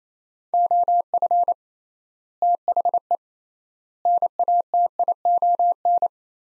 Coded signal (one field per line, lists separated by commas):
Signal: Morse code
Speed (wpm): 28 wpm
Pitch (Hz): 700 Hz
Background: none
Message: OF THE NATION